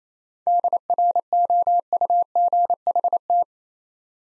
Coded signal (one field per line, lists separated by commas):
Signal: Morse code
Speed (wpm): 27 wpm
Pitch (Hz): 700 Hz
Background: none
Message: DROUGHT